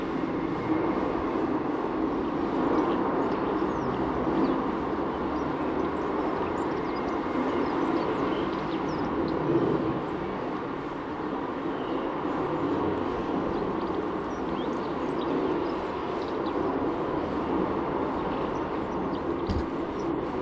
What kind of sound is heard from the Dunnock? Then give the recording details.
song. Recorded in the wild. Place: Kaiserslautern, Rheinland-Pfalz, DE. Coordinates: 49.4247, 7.77889. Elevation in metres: 279. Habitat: garden. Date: 1977-04-13. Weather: Wind, Regen. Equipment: Nagra IV, Sennheiser MKH 405, Parabolreflektor. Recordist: Tretzel, Erwin. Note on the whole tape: Vorgarten, durch offenes Wohnzimmerfenster, Kaiserslautern: Gesang